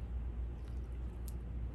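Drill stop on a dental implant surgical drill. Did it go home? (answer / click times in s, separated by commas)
yes / 1.3 s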